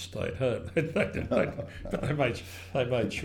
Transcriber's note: laughter